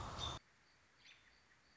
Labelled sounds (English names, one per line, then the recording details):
American Robin
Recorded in Sonoma County, California